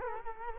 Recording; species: mosquito wingbeat signal from an infrared sensor; Culex quinquefasciatus